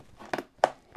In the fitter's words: make sure you get all the clicks